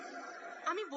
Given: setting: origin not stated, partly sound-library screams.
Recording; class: one-second piece from a danger detection set; woman in danger